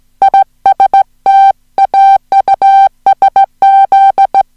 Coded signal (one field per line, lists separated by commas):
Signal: Morse code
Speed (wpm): 17 wpm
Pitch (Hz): 780 Hz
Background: music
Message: IST AUSZ